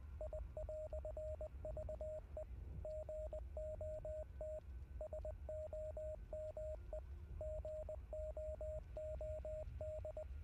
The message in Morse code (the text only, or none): I"VE GOT SOME GOOD